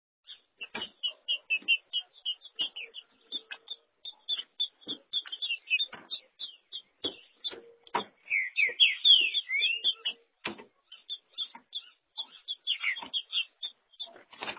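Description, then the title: Green-winged saltator singing a long string of rapid high whistled notes, broken by a burst of loud slurred downward whistles near the middle, with sharp clicks and taps in between. "Trinca Ferro"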